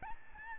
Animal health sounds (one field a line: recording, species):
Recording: mosquito wingbeat signal from an infrared sensor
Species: Aedes albopictus